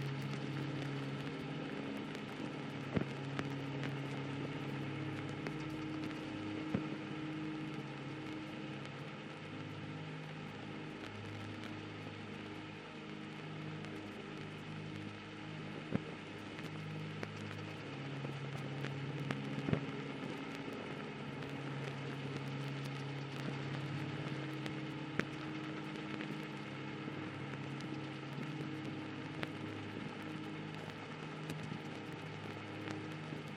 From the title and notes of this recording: Calming Music with Vinyl Static Sounds. A vinyl static white noise with light ambient music underneath.